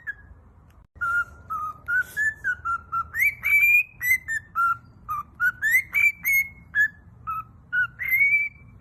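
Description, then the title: Cockatiel whistling a melody after a quiet start, clear notes rising and falling in short bursts. Several cockatiels singing, whistling. "Calopsitas Cantando Assobio"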